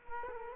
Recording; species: mosquito wingbeat signal from an infrared sensor; Culex quinquefasciatus